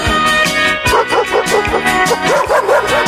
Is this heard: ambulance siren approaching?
no